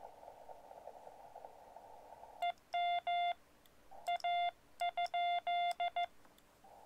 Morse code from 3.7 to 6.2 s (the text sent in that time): A?